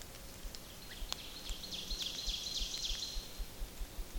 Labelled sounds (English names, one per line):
Ovenbird song